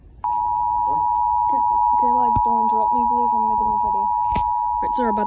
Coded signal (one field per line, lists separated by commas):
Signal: Emergency Alert System (SAME) tones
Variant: 853 and 960 Hz attention tone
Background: speech